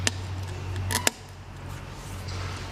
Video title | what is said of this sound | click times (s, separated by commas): Belt Change, Variator/Clutch Inspection Vespa LX150 and More | cover just snaps into place | 0.1 s, 1.1 s